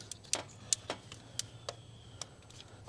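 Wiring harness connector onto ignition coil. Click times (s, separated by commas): 0.7 s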